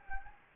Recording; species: mosquito wingbeat signal from an infrared sensor; Anopheles gambiae